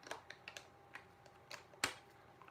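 An attachment head is pushed onto the front of a handheld CosBeauty IPL hair removal device, with a few faint light ticks of handling beforehand. It ends in one sharp plastic click at 1.8 s as the head seats in place.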